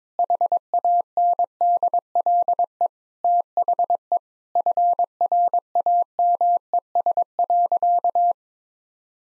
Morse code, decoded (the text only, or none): HANDLE THE FRAMES.